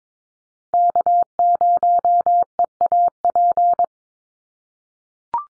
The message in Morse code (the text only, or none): K0EAP